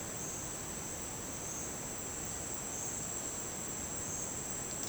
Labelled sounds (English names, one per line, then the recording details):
none
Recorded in dense forest near Puerto Asís, Putumayo, Colombia, on 19 June 2025 at 09:30
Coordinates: 0.484, -76.317
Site G045